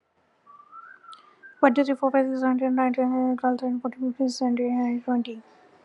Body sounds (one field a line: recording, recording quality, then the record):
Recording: counting at a fast pace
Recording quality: excellent, no background noise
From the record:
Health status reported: healthy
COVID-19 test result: not tested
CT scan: not taken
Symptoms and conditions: none ticked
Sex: female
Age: 35 years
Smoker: no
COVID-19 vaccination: one dose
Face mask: not worn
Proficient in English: yes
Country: India